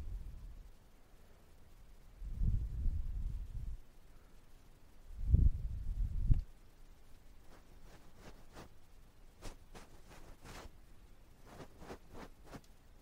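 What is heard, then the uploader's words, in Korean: Ear touching sounds: low, muffled rubbing thumps come in two heavier bursts around two to four seconds and five to six seconds. After that, lighter crisp brushing taps repeat irregularly, with short bright flicks scattered through the last six seconds. No talking 말없이 귀에 먼지 털어내기 ear touching sound.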